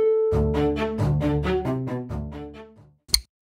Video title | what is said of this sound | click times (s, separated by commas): TE Positive Lock Receptacles and Housings Overview | here that that's te connectivities positive lock receptacle and that snap you here may seem like a little thing but it's actually quite a big deal | 3.1 s